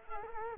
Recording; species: mosquito wingbeat signal from an infrared sensor; Culex quinquefasciatus